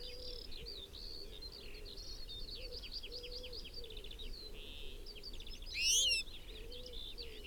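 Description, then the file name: European goldfinch: one sharp, ringing twitter late on, rising clearly above dense chirping and trilling. "Carduelis carduelis"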